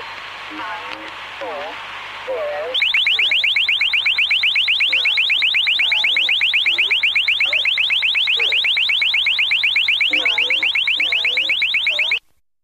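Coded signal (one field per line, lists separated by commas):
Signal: unidentified radio signal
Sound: fast warbling sawtooth sweeps rising 2 to 4 kHz, about seven per second, over static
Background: radio static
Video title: The Conet Project 302 - Iran/Iraq Jamming Efficacy Testing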